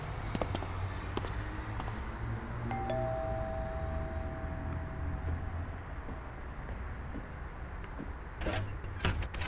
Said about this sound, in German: Die Tür öffnete sich nur einen Spalt breit. Die Wohnung lag im Dunkeln, sodass wir die Person jenseits der Türkette nur erahnen konnten.